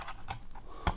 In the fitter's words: reingesteckt rastet ein